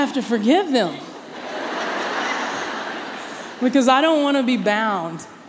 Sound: laughter